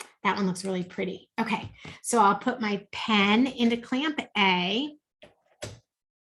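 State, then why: Not seated. A pen is being handled at clamp A of a craft cutting machine's accessory clamp while someone talks. Two short knocks near the end, at about 5.2 and 5.6 seconds, are handling sounds. The pen has not clicked down or seated yet when the clip ends.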